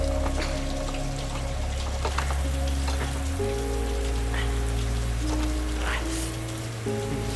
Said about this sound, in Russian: Дождь зарядил на неделю.